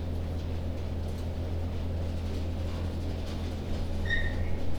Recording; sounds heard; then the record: poultry house recording; no chicken sound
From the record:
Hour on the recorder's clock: 3